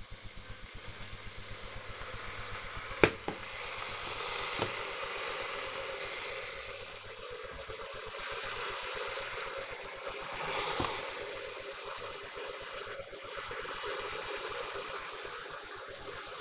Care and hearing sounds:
household activities, microphone on the right wrist
0.00-16.41 s: making tea

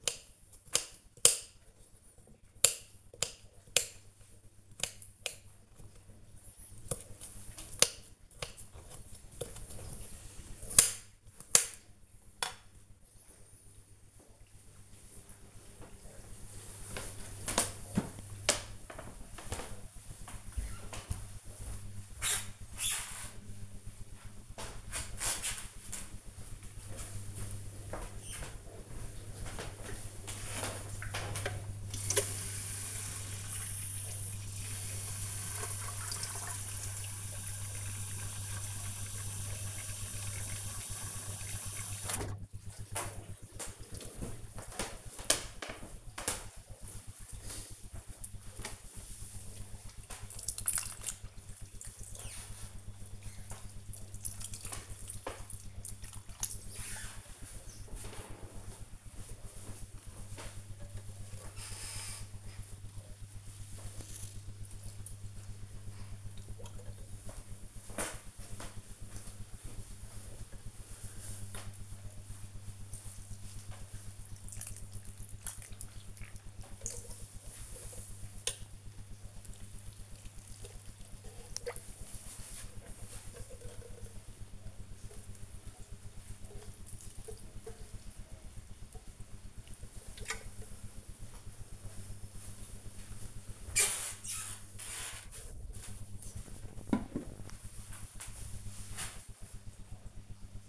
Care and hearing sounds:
household activities, microphone on the right wrist
0.00-12.46 s: cutting vegetables
24.54-95.09 s: watering plant

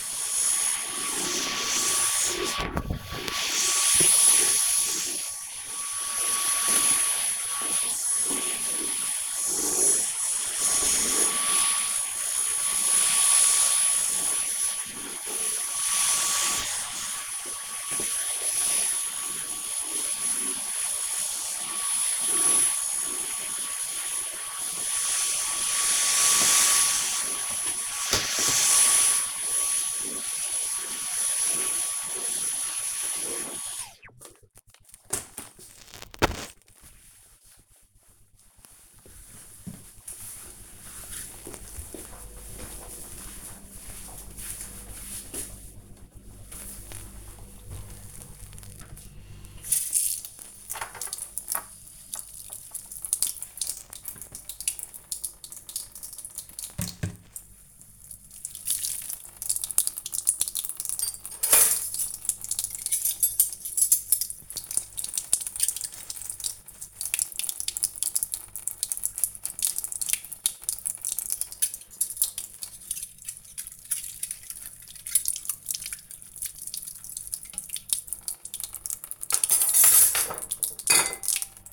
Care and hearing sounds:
household activities, microphone on the right wrist
0.00-33.26 s: vacuum cleaning
45.36-81.73 s: washing dishes

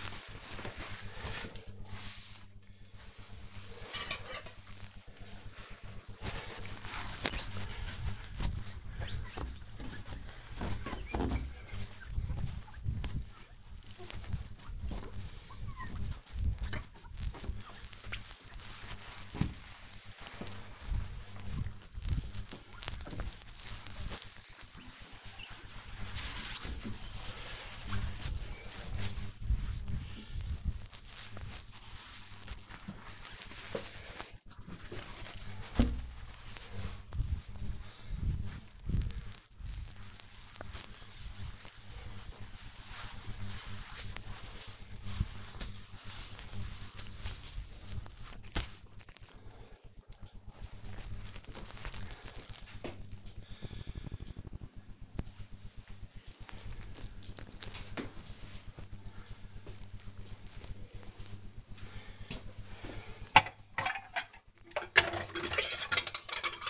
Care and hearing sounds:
household activities, microphone on the right wrist
0.00-48.34 s: window cleaning
61.40-66.70 s: washing dishes

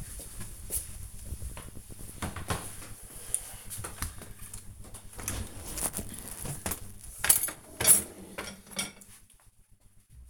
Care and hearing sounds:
household activities, microphone on the right wrist
4.53-10.30 s: cleaning out the dishwasher

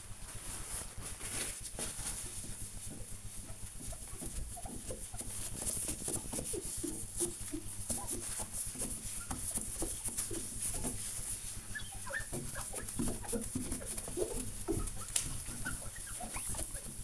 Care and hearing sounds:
household activities, microphone on the right wrist
0.00-17.04 s: window cleaning

